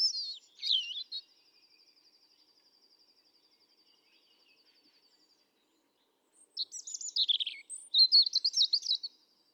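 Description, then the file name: European robin song: a short high warbled phrase, then a faint thin rapid ticking trill for several seconds, followed by a longer phrase of varied high twittering notes. "Erithacus rubecula 310717"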